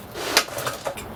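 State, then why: Seated. A plastic locking ring is screwed onto a cartridge pool filter housing, clicking sharply into place at 0.4 s, followed by a softer tap at about 0.9 s. The ring is seated and in place.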